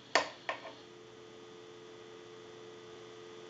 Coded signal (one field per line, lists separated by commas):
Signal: telephone call progress tone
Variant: North America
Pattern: dial tone